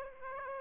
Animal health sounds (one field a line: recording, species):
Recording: mosquito wingbeat signal from an infrared sensor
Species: Aedes aegypti